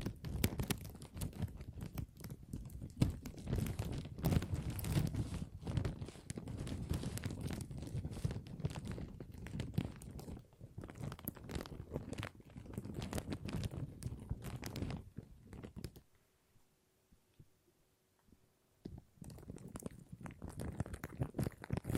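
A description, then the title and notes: Plastic crinkles in dense, irregular crackling bursts for about fifteen seconds, falls nearly silent with a faint low tone, then resumes near the end. ASMR Plastic Crinkle No Talking.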